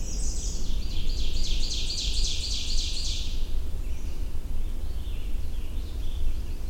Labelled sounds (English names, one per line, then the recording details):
Ovenbird song
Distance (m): 30 m
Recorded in boreal forest in Alberta, Canada, on 21 June 2016 at 08:39
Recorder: SongMeter 3, array SBT-6-81
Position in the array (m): 63 m, 130 m
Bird 23